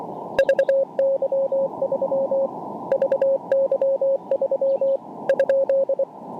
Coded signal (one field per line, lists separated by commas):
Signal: Morse code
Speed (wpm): 24 wpm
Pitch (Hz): 530 Hz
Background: radio noise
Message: VY3 VY3 ?